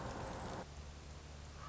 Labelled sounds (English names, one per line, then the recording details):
Common Raven
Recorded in Sonoma County, California